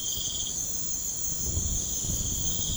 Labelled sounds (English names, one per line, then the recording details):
none
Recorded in pastures near Puerto Asís, Putumayo, Colombia, on 21 March 2025 at 23:30
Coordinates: 0.505, -76.324
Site GP08